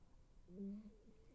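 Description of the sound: A brief low, tonal, rising gurgle lasting about half a second in a quiet room: ordinary stomach growling from an adult, audible during a pause in conversation.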